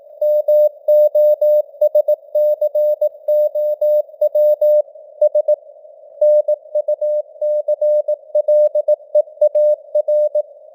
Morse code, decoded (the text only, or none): MOSCOW S NUCLEAR